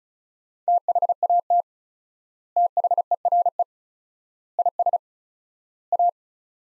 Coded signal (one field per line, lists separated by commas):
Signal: Morse code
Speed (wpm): 34 wpm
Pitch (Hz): 700 Hz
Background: none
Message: THAT THERE IS A